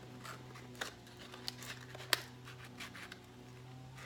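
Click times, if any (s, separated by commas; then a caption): none. A trimmed sheet of sandpaper is pressed into the clamp of a cheap plastic sanding block that is meant to snap it in place. A few short, sharp ticks and rustles sound over a steady low hum, the strongest near 2.1 s. Nothing has clicked into place yet, and the block is judged probably broken.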